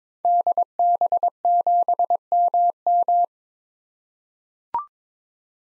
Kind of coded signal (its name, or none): Morse code